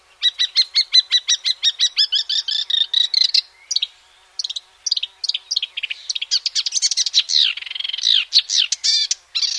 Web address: Sounds marshwarbler